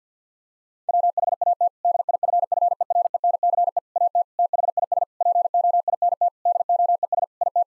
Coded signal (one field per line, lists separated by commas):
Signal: Morse code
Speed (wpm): 50 wpm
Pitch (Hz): 700 Hz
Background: none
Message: WHAT DIFFERENCE AT THIS POINT DOES IT